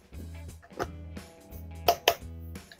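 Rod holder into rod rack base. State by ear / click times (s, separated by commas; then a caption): seated / 1.9 s, 2.1 s. A plastic rod holder is pressed into a rod rack base over a steady low tonal hum with a few soft knocks. It snaps into place with two sharp, loud clicks at 1.9 and 2.1 seconds, and the holder is seated.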